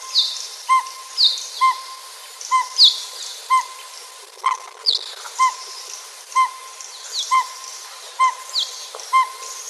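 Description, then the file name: Northern pygmy-owl giving a long series of hollow whistled toots, with higher down-slurred chirps alongside some of them. Recorded July 1999. "NOPO Coons"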